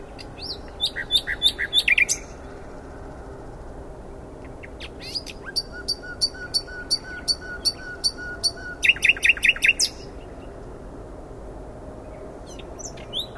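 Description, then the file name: Common nightingale singing rapid repeated click-like notes in rhythmic series, with a long low whistle in the middle followed by a fast rattled burst. "Luscinia megarhynchos"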